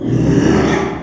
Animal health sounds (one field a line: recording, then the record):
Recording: squeal of a Yucatan mini pig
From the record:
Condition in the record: after surgery on the right vocal fold (resection and tissue-engineered implant)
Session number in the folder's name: 3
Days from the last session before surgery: 33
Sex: male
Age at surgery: 12 weeks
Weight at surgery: 13 kg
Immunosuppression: cyclosporine, prednisolone